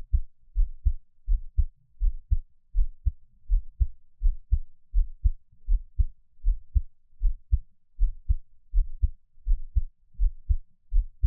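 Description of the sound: A gentle, calm adult heartbeat heard close up, with regular lub-dub beats at about 82 per minute, low-pitched and soft, with no talking.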